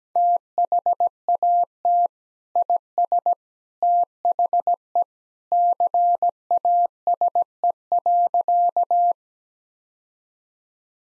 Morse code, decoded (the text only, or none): THAT IS THE CASE.